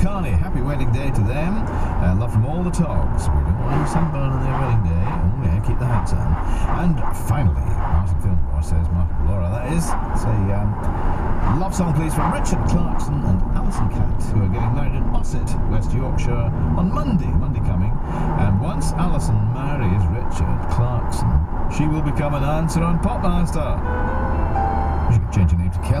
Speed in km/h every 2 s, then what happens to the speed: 103, 101, 101, 100, 100, 100, 97, 95, 97, 98, 95, 93, 90.
0-13 slows to 95. 13-18 steady at about 97. 18-26 slows to 90.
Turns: none.